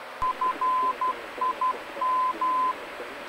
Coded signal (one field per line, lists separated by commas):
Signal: Morse code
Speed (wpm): 12 wpm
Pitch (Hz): 1020 Hz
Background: none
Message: FIM